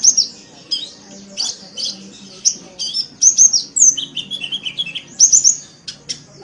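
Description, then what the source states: Oriental magpie-robin singing a loud, varied stream of high whistles, chips and short descending slurs, with a few lower-pitched phrases mixed in after the middle. Chirping song.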